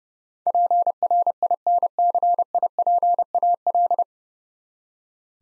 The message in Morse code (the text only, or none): PRINCIPAL